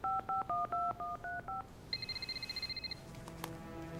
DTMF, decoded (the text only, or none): 512135